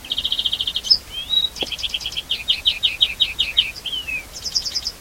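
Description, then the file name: European greenfinch calling continuously: fast dry trills, a few slurred whistles and rolling chirp sequences, dense and unbroken through the whole stretch. "Chloris chloris"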